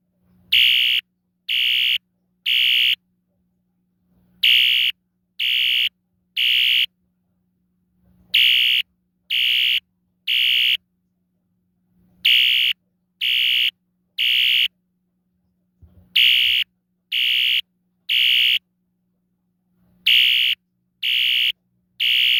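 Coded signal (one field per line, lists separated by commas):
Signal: alarm pattern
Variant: temporal three electronic horn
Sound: harsh electronic horn sounding three half-second blasts, pause, repeated about six times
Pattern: temporal three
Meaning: Fire alarm evacuation signal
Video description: my Wheelock ES-DL1-WS-24DC electronic mid 1980s horn strobe being coded to temporal 3 by two modules, the Collectors Controls DUSMC sync module, and the System Sensor MDL sync module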